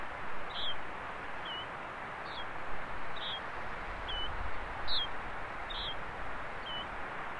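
Yellow-bridled finch calling with several quick, high, chip-like notes repeated at a fairly even pace, amid heavy, steady rushing background noise.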